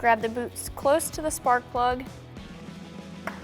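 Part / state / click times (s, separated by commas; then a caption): spark plug wire boot on a spark plug / released / 3.3 s. Someone talks while an old spark plug wire boot is grabbed close to the spark plug on a 2005-2010 Mustang V6, during a swap to Performance Distributors Livewires 10mm red spark plug wires. The boot is wiggled and lets go of the spark plug terminal with a short, sharp pop at 3.3 s, releasing it from the plug.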